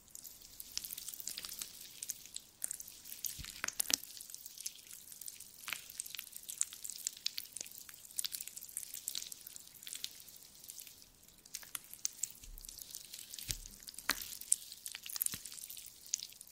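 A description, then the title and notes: Jelly makes soft, wet squishing and dripping sounds, a dense, irregular run of bright clicks, with a few low thumps near four and thirteen seconds. ASMR Stress Relieving Jelly Sounds For Sleep.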